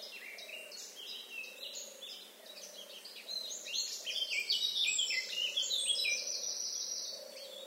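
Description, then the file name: Eurasian blackcap song, quieter scratchy warbling that grows into a louder burst of varied whistles, accompanied by a low hooting note repeated at intervals. "Sylvia atricapilla"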